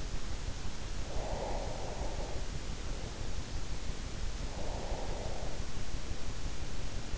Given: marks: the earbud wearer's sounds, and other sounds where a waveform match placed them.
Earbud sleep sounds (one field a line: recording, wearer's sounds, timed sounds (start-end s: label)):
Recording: sounds in sleep by an in-ear microphone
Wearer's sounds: breath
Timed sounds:
0.78-2.62 s: breath
4.27-5.79 s: breath